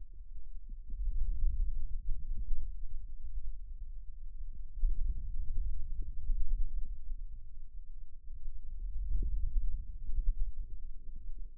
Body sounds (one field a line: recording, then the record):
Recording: forearm muscle sounds (acoustic myography)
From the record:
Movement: hand opening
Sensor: system 2, bracelet of six BSWA MPA416 microphones around the upper forearm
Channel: 1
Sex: male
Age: 22 years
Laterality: right